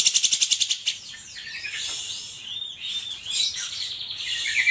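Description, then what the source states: Grey-cheeked Bulbul song: a burst of rapid high ticks followed by looping, slurred whistles that rise and fall. Song used for training cage birds (masteran).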